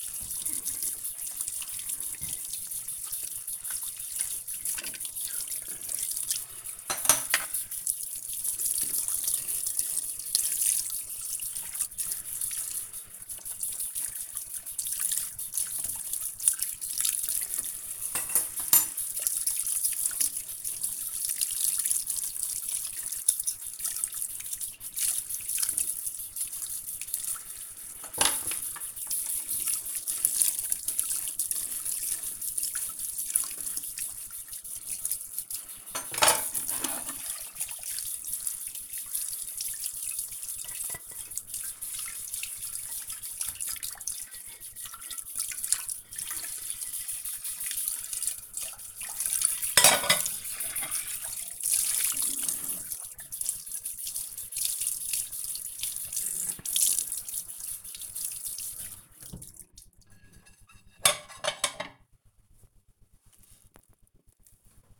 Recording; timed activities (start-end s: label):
household activities, microphone on the right wrist
0.00-60.08 s: washing dishes